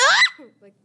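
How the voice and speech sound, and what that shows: A sudden, shrill, rising scream from a young boy lasts about a quarter of a second and then fades into a couple of soft, brief voiced sounds. This is a vocal, or noise, tic of severe Tourette syndrome: an abrupt, involuntary vocalization.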